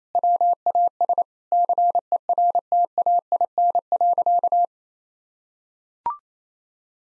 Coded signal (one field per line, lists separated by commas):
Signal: Morse code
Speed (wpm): 28 wpm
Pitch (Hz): 700 Hz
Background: none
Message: WAS CERTAIN.